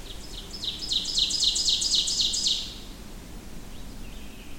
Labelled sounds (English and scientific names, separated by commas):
Ovenbird (Seiurus aurocapilla) song